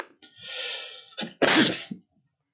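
A drawn-in, hissing breath of about a second builds up, then a short catch and one explosive, noisy burst release the sneeze, fading within half a second. A single ordinary sneeze from an adult, quiet room.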